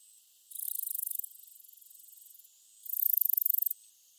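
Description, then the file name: Cicadas buzzing, a loud high pulsing burst that drops to a softer pulsing sound, then after a short pause a second loud pulsed burst. Cicadas recorded in Sannohe in summer. "INSECT CICADAS SANNOHE SUMMER"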